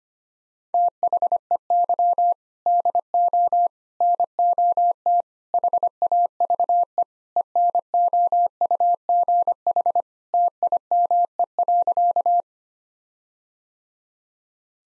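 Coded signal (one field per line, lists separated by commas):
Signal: Morse code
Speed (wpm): 25 wpm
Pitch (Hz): 700 Hz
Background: none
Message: THEY DO NOT HAVE ENOUGH TIME.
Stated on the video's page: Morse code practice at 25 wpm: sentences built from common four-word phrases, each sent in Morse, then spoken, then sent again.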